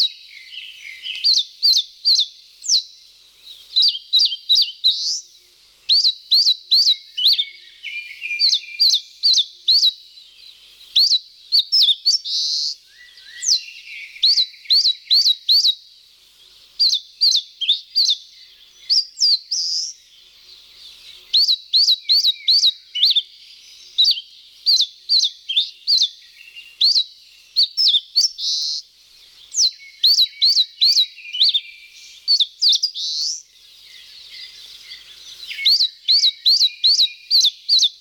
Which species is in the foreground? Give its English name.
Eastern Crowned Warbler